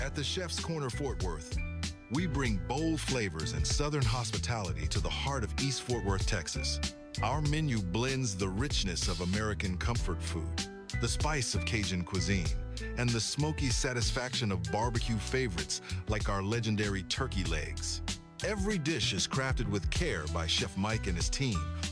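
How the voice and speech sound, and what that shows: A man speaks fluently at a steady, clear pace in a restaurant advertisement over a music bed.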